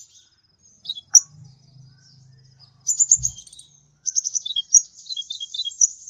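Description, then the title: Mixed birds give high chirps and fast trills; a low hum runs for a while early on, and a short thump sounds in the middle. "Burung Campur4"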